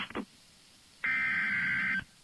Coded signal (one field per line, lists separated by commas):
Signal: Emergency Alert System (SAME) tones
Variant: header bursts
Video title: EAS #1444 - FIRE WARNING 3-23-2016